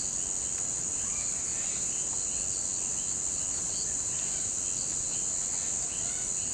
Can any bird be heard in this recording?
yes